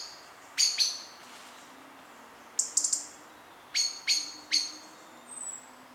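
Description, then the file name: Common blackbird giving scattered small groups of sharp, high clicking chinks separated by quiet gaps, with a faint thin high note near the end. "Turdus merula"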